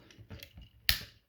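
Two plastic body parts of an action figure are snapped apart from the centre piece, releasing strong tabs. A few faint clicks and rustles lead up to one loud, sharp plastic snap at 0.9 s, which rings briefly and then fades out.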